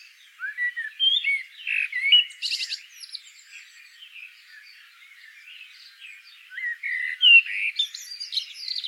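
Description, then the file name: Common blackbird giving fluty warbled phrases and a sudden high scratchy twitter, then a quiet stretch before more phrases. "Turdus merula"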